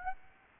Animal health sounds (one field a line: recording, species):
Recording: mosquito wingbeat signal from an infrared sensor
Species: Aedes aegypti